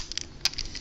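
The two plastic halves of a toy figure in gun mode are pushed together until everything locks into place. A faint tick comes at 0.2 s, then a sharp click at 0.5 s as the halves seat and lock.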